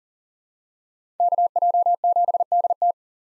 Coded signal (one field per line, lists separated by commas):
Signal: Morse code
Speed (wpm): 37 wpm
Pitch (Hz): 700 Hz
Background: none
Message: KJ7DT